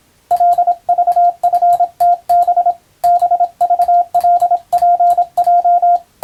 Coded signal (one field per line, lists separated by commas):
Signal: Morse code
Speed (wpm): 26 wpm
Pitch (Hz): 700 Hz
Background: radio noise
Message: LVFTB BVLPJ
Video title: ボケ防止に昔楽しんだモールス符号を思い出そう！YouTubeの再生速度を聞き取りやすい速度に設定して受信練習を始めてみませんか(morse code practice radio operator )